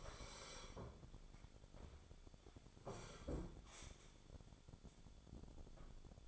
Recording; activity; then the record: daily activity, microphone in the room; sit down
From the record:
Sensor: 5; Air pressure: 1015.3 hPa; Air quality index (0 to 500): 173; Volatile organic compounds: 6 ppm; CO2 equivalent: 1883 ppm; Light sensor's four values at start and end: 36/83/33/32 and 36/83/33/32